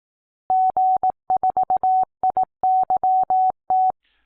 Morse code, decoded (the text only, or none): G4IYT